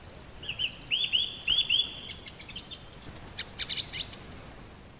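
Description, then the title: Song thrush song: a rising whistled note repeated several times, then sharper high twittering phrases. "Grive musicienne"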